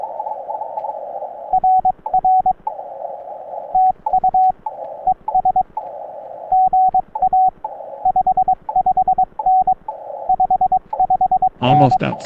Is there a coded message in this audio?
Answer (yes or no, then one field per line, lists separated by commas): yes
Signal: Morse code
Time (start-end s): 1.5-12.0 s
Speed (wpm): 22 wpm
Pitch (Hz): 750 Hz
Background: speech, radio noise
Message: RR TU ES GA 55N 55N